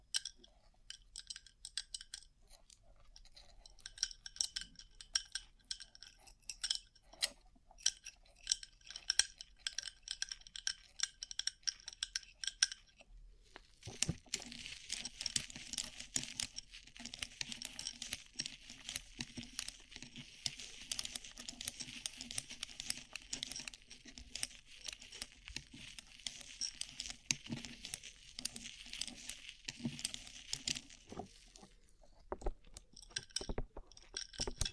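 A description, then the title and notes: Tapping on a rhinestone-covered surface, made of quick, light, clicky taps. The first thirteen seconds are sparse and crisp; then the tapping becomes dense and continuous, with a scratchy, crinkly texture and faint low thumps, thinning out again near the end. ASMR Rhinestone Covered Tapping 3Dio (No Talking).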